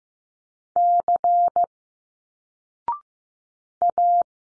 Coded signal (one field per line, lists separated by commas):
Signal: Morse code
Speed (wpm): 15 wpm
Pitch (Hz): 700 Hz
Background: none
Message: C A